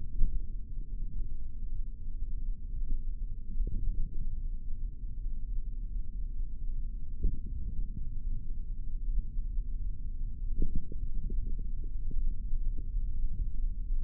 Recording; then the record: forearm muscle sounds (acoustic myography)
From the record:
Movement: finger pinch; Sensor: system 3, bracelet of six PUI Audio POM-2738L microphones around the upper forearm, with dedicated amplification and filtering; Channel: 3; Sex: male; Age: 23 years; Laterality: right